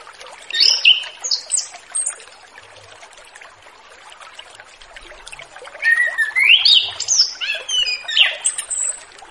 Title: Anis Kembang Ngeplong Santai , Untuk Pancingan Anis Kembang Lepas Trotol